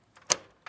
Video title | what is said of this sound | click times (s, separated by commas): How to Build a Gaming PC in 2022 | just give it some nice sort of force until it clicks into place. | 0.3 s